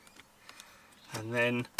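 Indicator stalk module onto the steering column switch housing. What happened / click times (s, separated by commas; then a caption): The switch module is being positioned but has not clicked into place yet / none. A new indicator stalk with its plastic module is gently located by hand onto the steering column switch housing of a 2008 Ford Fiesta 1.6 litre Zetec. Faint small ticks of handling are heard at about 0.1, 0.2, 0.5 and 0.6 s, someone talks, and a brief loud burst cuts in at the very end. Nothing has seated or clicked into place yet.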